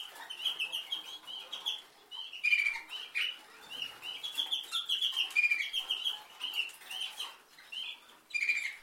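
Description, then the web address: Canary song: a long run of quick, varied chirped and warbled notes in bursts with short pauses between. "Golchin Best Canari Seda Canari. Niyaz Music)"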